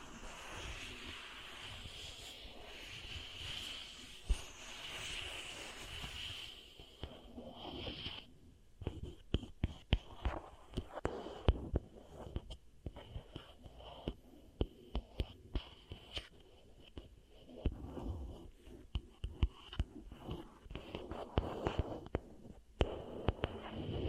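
Beeswax ear triggers: soft, dense crinkly rustling for eight seconds, then sharp sticky clicks and squishes in uneven bursts over a faint steady whine.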